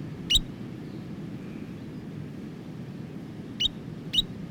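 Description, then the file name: New Zealand dotterel uttering three loud, sharp high chips, one early and two close together near the end, over a soft low background hiss. "nz dotterel song"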